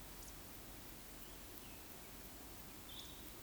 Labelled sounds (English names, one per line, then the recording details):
Eurasian Woodcock whistle
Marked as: whistle, whistle
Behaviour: display flight
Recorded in Baden-Württemberg, Germany, on 13 June 2021 at 19:51 UTC
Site 23718, 552 m above sea level